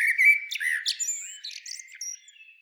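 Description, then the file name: Common blackbird song: a rich, low whistled note followed by a brief jumble of thin, high squeaky twitters, trailing off quietly. "Turdus merula"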